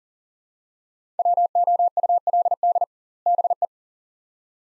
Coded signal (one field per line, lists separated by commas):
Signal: Morse code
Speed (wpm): 40 wpm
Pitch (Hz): 700 Hz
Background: none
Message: WOULD BE